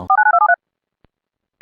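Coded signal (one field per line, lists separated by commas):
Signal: DTMF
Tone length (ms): 90 ms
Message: 49273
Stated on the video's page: Recreated EAS scenario, not a real alert.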